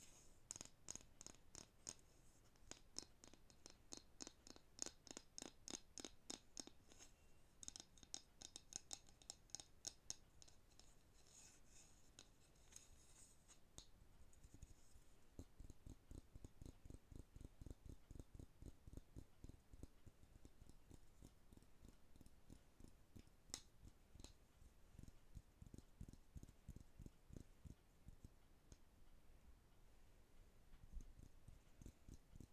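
Fast, dense tapping on wooden objects runs throughout, a rapid string of sharp clicks at a fairly regular pace. Around 10 to 15 seconds the taps thin out and give way to softer scratching, then quick tapping resumes and continues, steady to the end.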